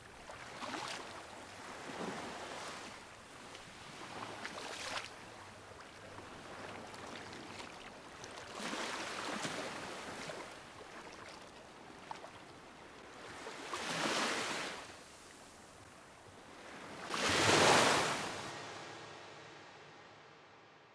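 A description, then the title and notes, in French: Waves off Phú Quốc wash in with a hissing roar every few seconds, the surges building in strength to a loud crash near the end. Un voyage sonore dans les vagues de Phú Quốc, au large du Cambodge.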